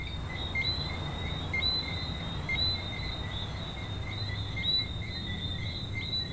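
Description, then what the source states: Coqui frogs calling, several quick high chirps paired with a lower tonal note, over a continuous low background rumble. Frogs at a beach in Venezuela.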